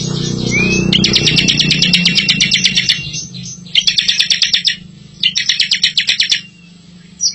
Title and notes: Ciblek Ngebren Untuk Masteran Murai Batu. Suara burung ciblek - Suara Nada